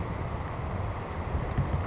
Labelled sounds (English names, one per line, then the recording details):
Savannah Sparrow
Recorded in Sonoma County, California